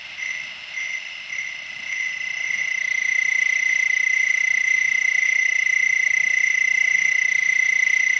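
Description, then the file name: Cicada buzz starting softer and uneven, swelling within three seconds into a loud, constant shrill drone that continues to the end. "Singing Cicada"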